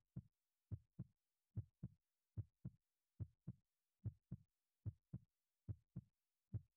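Steady paired low thumps, a woman's lub-dub heartbeat at about 72 beats a minute with an even rhythm. The sound is muffled, heard with an ear pressed to her chest, and the background is otherwise quiet.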